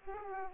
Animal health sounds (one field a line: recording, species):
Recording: mosquito wingbeat signal from an infrared sensor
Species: Aedes aegypti